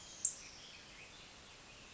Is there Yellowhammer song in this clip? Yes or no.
no